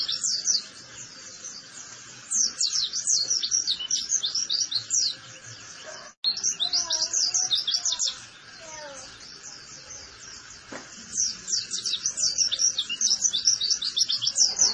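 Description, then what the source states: White-eye song: bursts of rapid, high twittering notes with quieter gaps between phrases. Cage-bird training recording (masteran) of a vigorously singing (gacor) white-eye.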